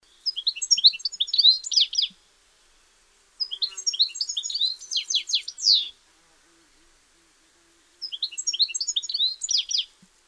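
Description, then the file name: European goldfinch twittering calls, three bursts of rapid, high, tinkling and buzzy notes, each lasting about two seconds with short silent gaps between. "Carduelis carduelis"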